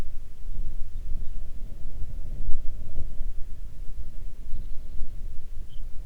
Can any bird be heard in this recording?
yes